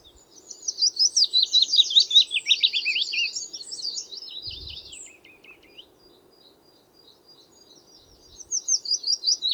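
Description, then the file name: Willow warbler song: a sweet, liquid run of notes that slides gently downward over about five seconds, then a fresh phrase starts near the end; one soft low thump midway. "fitis zang"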